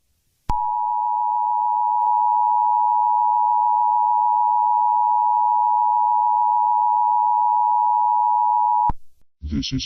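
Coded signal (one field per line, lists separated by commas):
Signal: Emergency Alert System (SAME) tones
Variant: 853 and 960 Hz attention tone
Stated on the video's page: Simulated SAME tones in a fictional EAS scenario.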